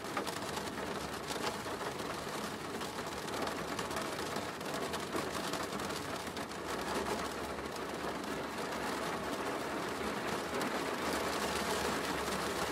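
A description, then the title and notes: Heavy rain pours steadily and densely, a hissing wash with faint low rumble beneath and no breaks across the whole stretch. Rainy City At Night | Heavy Rain Sounds. Memorizing raindrops wash down your window.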